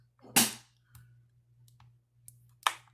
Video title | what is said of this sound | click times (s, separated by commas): Amazon Fire HD 8 Tablet 8th Generation L5S83A Won't Charge Fix | there we go then you heard it pop | 2.7 s